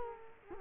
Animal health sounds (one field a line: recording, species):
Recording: mosquito wingbeat signal from an infrared sensor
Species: Culex quinquefasciatus